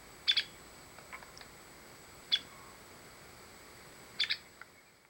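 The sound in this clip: White-spotted woodpecker calls: short, sharp high notes, some doubled, given in three bursts about two seconds apart, with a few fainter ticks between against a quiet background.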